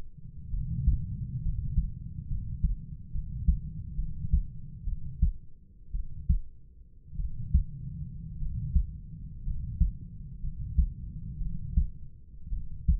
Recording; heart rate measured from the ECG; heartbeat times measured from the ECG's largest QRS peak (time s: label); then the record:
heart sounds by stethoscope; 60 bpm
0.51 s: heartbeat
1.43 s: heartbeat
2.29 s: heartbeat
3.12 s: heartbeat
3.96 s: heartbeat
4.85 s: heartbeat
5.92 s: heartbeat
7.17 s: heartbeat
8.39 s: heartbeat
9.44 s: heartbeat
10.41 s: heartbeat
11.39 s: heartbeat
12.50 s: heartbeat
From the record:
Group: healthy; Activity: rest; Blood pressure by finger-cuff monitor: 106/56 mmHg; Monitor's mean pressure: 69 mmHg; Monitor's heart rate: 62 bpm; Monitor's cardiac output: 5.6 L/min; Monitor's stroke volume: 91 mL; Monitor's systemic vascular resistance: 900 dyn s/cm5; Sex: male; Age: 25 years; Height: 170 cm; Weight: 70.4 kg